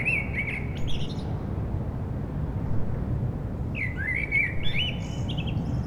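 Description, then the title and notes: Common blackbird song with a fluty phrase at the start and a longer one later, both trailing into high thin twitters, above steady traffic noise. Blackbirds singing after sunset on a mild day, eve of the winter solstice, Rue Jacques Cartier, Aix-les-Bains, France, with urban traffic. "Rue Jacques Cartier, 73100 Aix-les-Bains, Auvergne-Rhône-Alpes, France - Merle du solstice. En cette douce journée les merles commencent à chanter après le coucher du soleil, passages d'avions, circulation urbaine demain c'est le solstice d'hiver"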